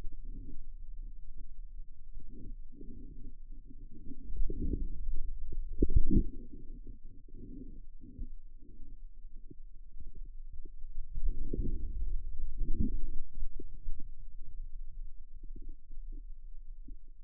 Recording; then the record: forearm muscle sounds (acoustic myography)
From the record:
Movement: outward rotation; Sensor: system 2, bracelet of six BSWA MPA416 microphones around the upper forearm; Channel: 4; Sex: male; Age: 22 years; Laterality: right